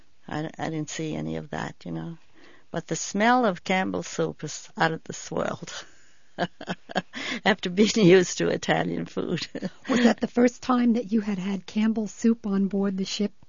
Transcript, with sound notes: I didn't see any of that, you know. But the smell of Campbell's soup was out of this world. ( she laughs ) After being used to Italian food.
Was that the first time that you had had Campbell's soup on board the ship?